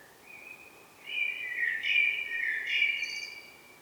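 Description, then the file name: Common blackbird song: a soft lead-in note, then a long warbled fluty phrase with high squeaky twitters near the end. "Turdus merula"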